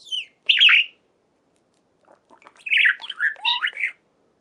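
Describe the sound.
Budgerigar squawks: two short rasping calls, a quiet gap with faint clicks, then a longer run of scratchy, twisting chatter notes.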